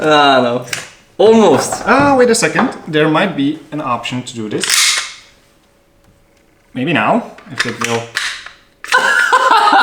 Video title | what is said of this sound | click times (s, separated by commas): They are so similar | yeah but it does not hold it doesn't it doesn't lock it doesn't lock in there | none